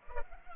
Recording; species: mosquito wingbeat signal from an infrared sensor; Culex pipiens